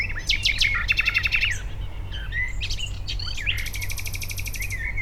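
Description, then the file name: Common nightingale song: varied phrases mixing rapid clicking pulse trains, sharp whistles and a long fast buzzy rattle near the end, over a steady low rumble. Recorded at Dishoek, Netherlands, on 10 May 2015. "Nightingale Dishoek 150510"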